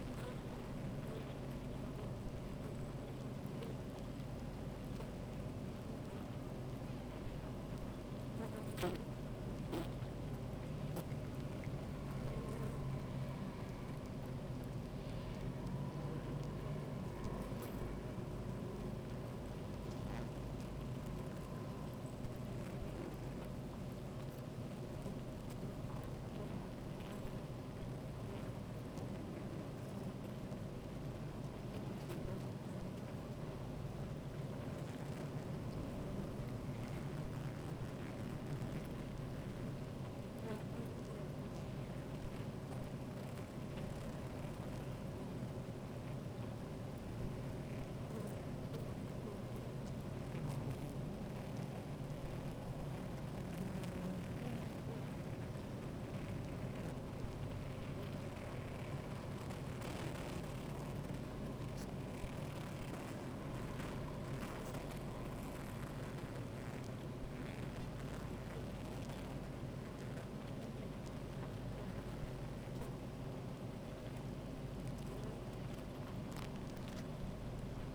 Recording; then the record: honeybee colony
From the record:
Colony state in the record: active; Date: 28 July 2017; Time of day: 13:26